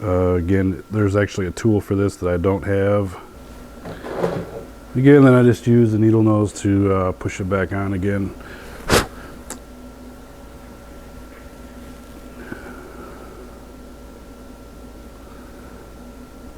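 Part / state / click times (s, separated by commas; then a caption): spring clip onto roller chain master link / not seated / none. Someone talks while needlenose pliers, used in place of a dedicated tool, push a spring clip back onto the master link of a roller drive chain. After the talking comes quiet handling over a steady low hum. The clip has not seated or clicked into place yet.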